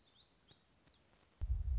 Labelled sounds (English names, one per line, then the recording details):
Black-throated Gray Warbler
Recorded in Sonoma County, California